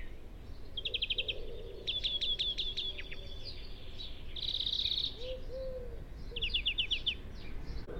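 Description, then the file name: European greenfinch repeating short rattling trills and chirped note series, four bursts in eight seconds, with a faint low whistle in between. "Chloris chloris"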